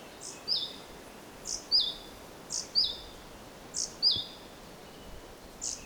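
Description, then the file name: Great tit giving two-note phrases, a bright high note and a lower swooping one, repeated steadily against soft background hiss. "Parus major"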